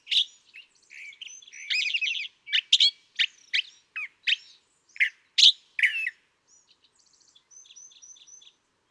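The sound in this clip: California thrasher song with loud harsh phrases and buzzy notes, followed by softer high whistled series near the end.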